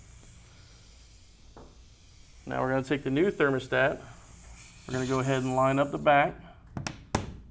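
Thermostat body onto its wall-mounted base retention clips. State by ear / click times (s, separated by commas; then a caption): seated / 6.9 s, 7.1 s. A new pneumatic room thermostat is lined up at the back and snapped onto its wall-mounted base so that both retention clips lock into place. Someone talks over low background hiss, and then two sharp clicks come at about 6.9 s and 7.2 s as the clips seat.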